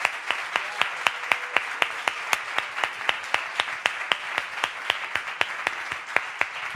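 audience applauding loudly

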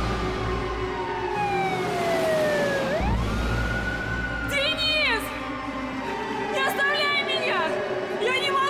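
ambulance siren

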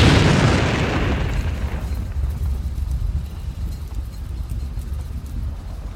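huge explosion

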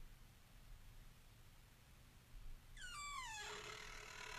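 door creaking open

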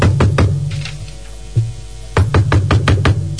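door being opened

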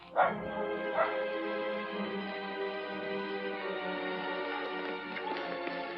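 dogs barking and whimpering

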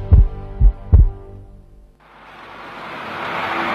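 heartbeat

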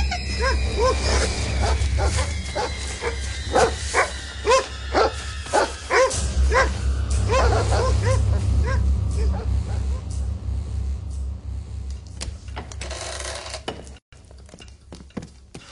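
dogs barking

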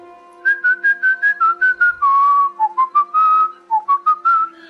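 person whistling a tune

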